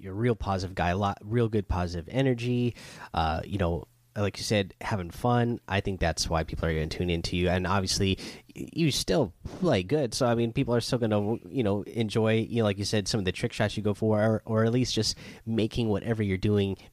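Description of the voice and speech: A man speaks in a relaxed, fluent conversational voice with ordinary fillers; typical speech.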